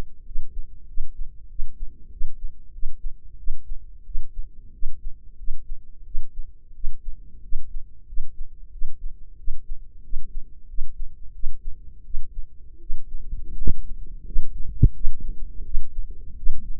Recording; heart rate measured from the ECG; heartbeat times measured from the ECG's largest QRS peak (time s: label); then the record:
heart sounds by microphone in the left ear; 89 bpm
0.24 s: heartbeat
0.86 s: heartbeat
1.48 s: heartbeat
2.10 s: heartbeat
2.71 s: heartbeat
3.37 s: heartbeat
4.04 s: heartbeat
4.72 s: heartbeat
5.36 s: heartbeat
6.04 s: heartbeat
6.73 s: heartbeat
7.41 s: heartbeat
8.06 s: heartbeat
8.71 s: heartbeat
9.37 s: heartbeat
10.02 s: heartbeat
10.67 s: heartbeat
11.32 s: heartbeat
12.03 s: heartbeat
12.79 s: heartbeat
13.56 s: heartbeat
14.24 s: heartbeat
14.93 s: heartbeat
15.63 s: heartbeat
16.35 s: heartbeat
From the record:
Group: healthy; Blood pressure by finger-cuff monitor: 105/60 mmHg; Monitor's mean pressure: 74 mmHg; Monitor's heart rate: 91 bpm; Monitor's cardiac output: 7.8 L/min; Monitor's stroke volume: 86 mL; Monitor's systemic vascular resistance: 680 dyn s/cm5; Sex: female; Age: 22 years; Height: 157 cm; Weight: 47.6 kg